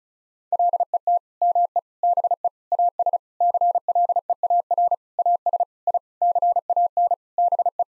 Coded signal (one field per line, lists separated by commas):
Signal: Morse code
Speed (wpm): 36 wpm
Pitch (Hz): 700 Hz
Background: none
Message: LET ME BE AS CLEAR AS I CAN BE